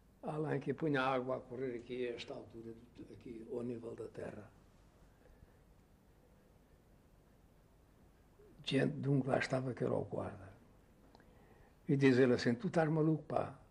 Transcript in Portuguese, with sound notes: além, que eu punha a água a correr aqui a esta altura do t-, aqui ao nível da terra"? – [pausa] diante dum que lá estava que era o guarda. E diz ele assim: "Tu estás maluco, pá!